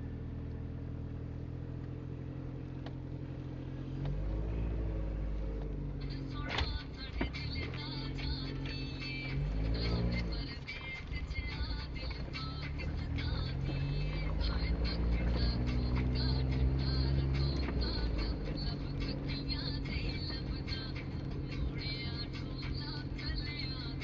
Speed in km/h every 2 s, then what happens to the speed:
0, 0, 0, 0, 6, 10, 15, 17, 17, 16, 12, 2.
0-7 standing. 7-14 pulls away to 17. 18-24 slows to 2.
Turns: none.